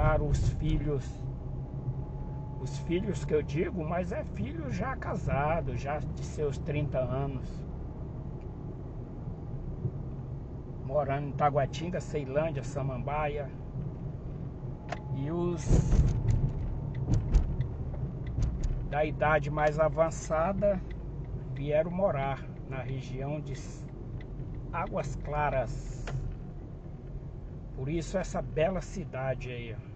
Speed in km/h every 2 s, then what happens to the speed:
40, 42, 41, 40, 39, 40, 40, 42, 43, 42, 37, 36, 31, 24, 21.
0-17 steady at about 40. 17-30 slows to 21.